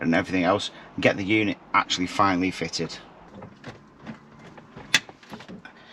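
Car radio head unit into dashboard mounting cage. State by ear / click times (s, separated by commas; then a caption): seated / 5.0 s, 5.6 s. Someone talks at the start, then an XTRONS double-DIN car radio head unit, a metal chassis with a plastic fascia, is pushed into the dashboard mounting cage of a VW T5. Sharp clicks at 5.0 s and 5.7 s mark its retaining clips locking on both sides, and the unit is seated.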